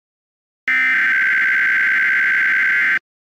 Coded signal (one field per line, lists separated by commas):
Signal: Emergency Alert System (SAME) tones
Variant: header bursts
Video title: EAS Another Required Weekly Test On WNS42 4/6/21 (EAS #438)